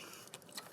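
While depowering a Kia Niro EV, the black plastic piece on the high-voltage service disconnect plug in the battery pack is pressed about halfway to free its black cam lock. The lock snaps free with a small, sharp snap at 0.3 s amid faint ticks and a louder click near 0.6 s, and the plug is released and comes out.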